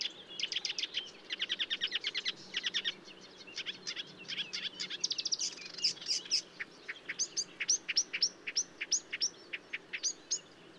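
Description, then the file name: Marsh warbler delivering quick rattling trills and scratchy chirps, shifting into evenly spaced high sharp notes near the end, over a steady low background noise. Recorded at Bonnevaux on 31 May 2009 at 05:35, early morning. "Rousserolle verderolle 0535 25 Bonnevaux"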